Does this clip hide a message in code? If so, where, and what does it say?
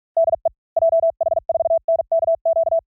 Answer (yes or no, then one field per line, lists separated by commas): yes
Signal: Morse code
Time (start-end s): 0.2-2.8 s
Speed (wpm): 46 wpm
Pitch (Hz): 660 Hz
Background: none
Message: DE JH4NKQ